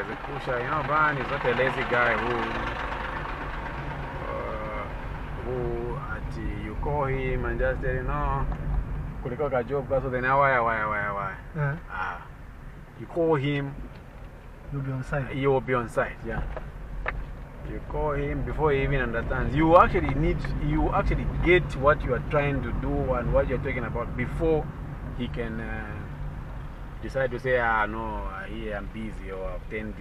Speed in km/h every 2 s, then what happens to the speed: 0, 9, 14, 16, 17, 17, 10, 10, 9, 14, 21, 23, 21, 14, 9.
0-5 pulls away to 16. 5-10 steady at about 17. 10-12 brakes to 10. 16-22 speeds up to 23. 22-27 slows to 9.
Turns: 16-21.